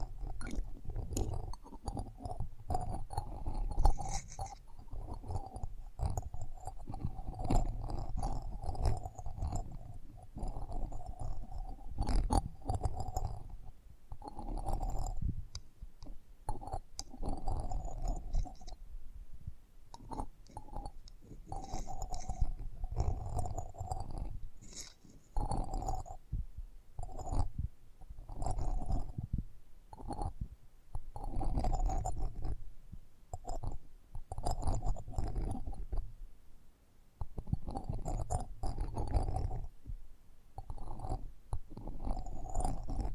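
Close-up mic handling: continuous low rumbling and rubbing with a steady midrange tone, broken by frequent soft knocks and brief drops throughout.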